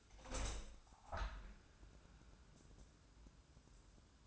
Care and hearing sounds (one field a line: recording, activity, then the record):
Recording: daily activity, microphone in the room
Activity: open window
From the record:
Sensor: 2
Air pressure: 1000.3 hPa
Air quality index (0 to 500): 148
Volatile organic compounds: 2 ppm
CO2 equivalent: 1226 ppm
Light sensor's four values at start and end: 11/30/11/13 and 11/31/12/14